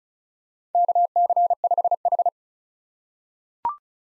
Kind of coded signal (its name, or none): Morse code